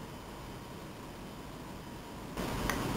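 A small screw is turned backwards with a screwdriver in the plastic body of a toy helicopter until its thread drops into the plastic thread, over a steady low hiss that gets louder around 2.4 seconds. A short, sharp click is heard at 2.7 seconds as the thread seats into alignment.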